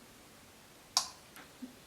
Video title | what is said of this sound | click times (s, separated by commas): PLANET3 installation instructions for 2019-2020 Specialized Levo, Levo SL & Kenevo (Gen2) | can probably hear that click that's when the planet actually engage and | 1.0 s